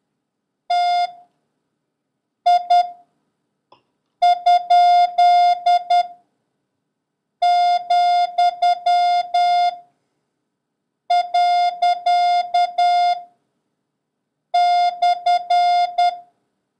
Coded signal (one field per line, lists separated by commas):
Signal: Morse code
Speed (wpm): 10 wpm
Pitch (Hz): 710 Hz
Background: none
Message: T I ? , . /